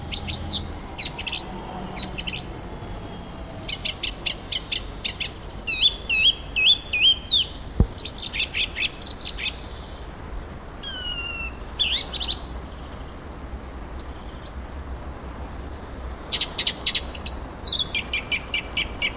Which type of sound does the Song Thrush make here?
song